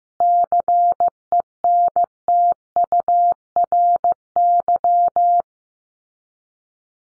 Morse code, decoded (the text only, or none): CENTURY